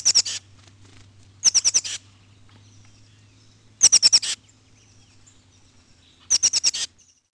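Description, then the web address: Plain titmouse giving four quick bursts of high, rapid notes, each burst about half a second long and spaced a couple of seconds apart, with a faint low hum beneath. "Peterson North American Birds. plti"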